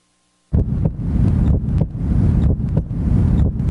The sound of an actual heart beating outside of a human body. Thanks to modern technology, a doctor can now keep a donor heart beating until it's ready to be transplanted into its recipient.